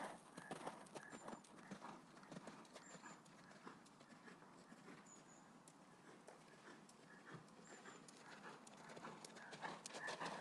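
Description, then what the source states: Galloping horses, soft repeated hoof strikes in an irregular fast beat, swelling louder near the close. Horses galloping outdoors on sand.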